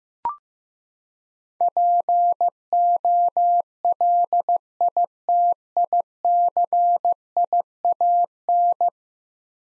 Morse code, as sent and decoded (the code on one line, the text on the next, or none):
.--. --- .-.. .. - .. -.-. .. .- -.
POLITICIAN